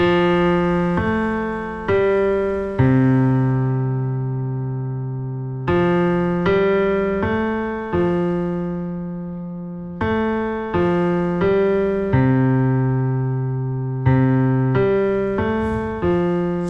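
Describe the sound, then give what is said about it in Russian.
The Big Ben clock tower bell chime in London plays a slow melody in phrases of four struck notes, each phrase ending on a longer ringing tone. The mellow bells decay gradually between strikes, with no talking. “Допустим, когда мы слышим в Лондоне Биг Бен, мы слышим примерно такую музыку.”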